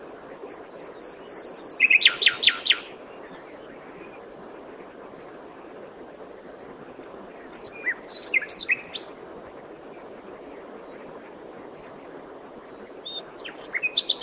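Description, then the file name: Common nightingale song phrase: a thin sustained whistle followed by a loud rapid rattling trill, then quieter jumbled phrases later, over constant background noise. "Luscinia megarhynchos"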